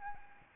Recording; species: mosquito wingbeat signal from an infrared sensor; Aedes albopictus